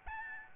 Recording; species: mosquito wingbeat signal from an infrared sensor; Aedes albopictus